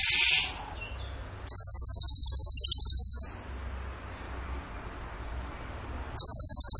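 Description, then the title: Rapid, high, rattling bird trill lasting almost two seconds, bracketed by a harsh burst at the start and another trill at the end. Masteran (training recording) of bird song in the tembakan gacor style. "Masteran Burung Tembakan Gacor"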